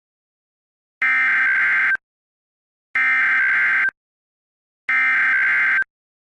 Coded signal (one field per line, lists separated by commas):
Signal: Emergency Alert System (SAME) tones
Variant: header bursts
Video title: EAS scenario #2: The Day Will Break